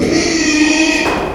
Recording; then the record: squeal of a Yucatan mini pig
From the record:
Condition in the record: after surgery on the right vocal fold (resection and tissue-engineered implant); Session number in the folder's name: 2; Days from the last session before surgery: 13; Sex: male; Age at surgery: 12 weeks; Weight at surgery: 13 kg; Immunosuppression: cyclosporine, prednisolone